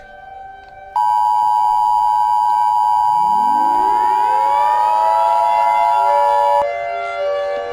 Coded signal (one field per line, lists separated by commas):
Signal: Emergency Alert System (SAME) tones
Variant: 853 and 960 Hz attention tone